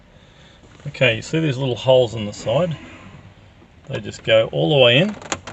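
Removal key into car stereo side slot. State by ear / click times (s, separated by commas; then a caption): not seated / none. A stereo removal key is handled at the small hole on the side of a Ford AU factory car stereo, where it goes all the way in until it latches against the retaining clip. Someone talks throughout, over faint background handling sounds. Nothing has seated or clicked yet by the end of the clip.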